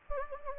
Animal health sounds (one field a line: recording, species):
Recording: mosquito wingbeat signal from an infrared sensor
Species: Anopheles gambiae